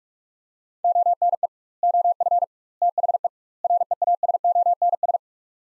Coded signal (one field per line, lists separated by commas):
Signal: Morse code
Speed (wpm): 46 wpm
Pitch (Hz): 700 Hz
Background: none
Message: ONE OF THE REASONS